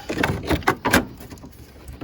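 While a headlight assembly is replaced on a 2004 Jeep Liberty, the plastic grille is pushed again after a failed attempt until its clips go into the holes in the body panel. A quick series of sharp plastic knocks and snaps is heard, and the clip snaps home at 0.9 s, seating the grille.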